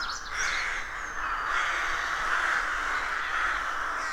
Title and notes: Sound Escape 113: Enjoy the stirring cacophony of a rook colony. County Armagh. BBC Countryfile Magazine's Sound Escapes